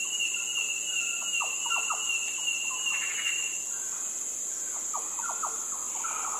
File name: yellow orioles fluty sounds